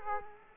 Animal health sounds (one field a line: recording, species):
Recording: mosquito wingbeat signal from an infrared sensor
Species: Culex quinquefasciatus